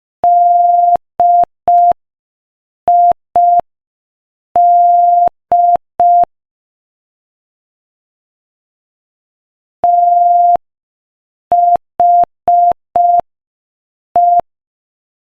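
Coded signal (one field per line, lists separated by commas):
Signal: Morse code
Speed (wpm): 5 wpm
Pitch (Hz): 700 Hz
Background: none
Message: DID THE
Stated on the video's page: Morse practice at 5 wpm, sending a joke.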